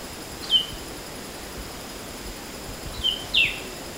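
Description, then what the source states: Temminck's babbler giving short high chirped notes, one near the start and a quick pair of notes, the second falling, about two and a half seconds later, over a steady hiss. Recorded on 14 August 2009.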